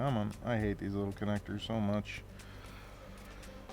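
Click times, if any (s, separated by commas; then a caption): none. Someone talks for about the first two seconds while pressing a tiny coaxial antenna cable connector onto the Wi-Fi card of an Acer Aspire A316-43 laptop during a palm rest and keyboard replacement. After that, only a low, steady background hum remains. The connector fails to snap on and has not clicked or locked into place.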